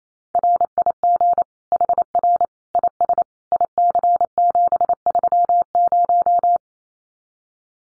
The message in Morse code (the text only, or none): RIG HR IS IC730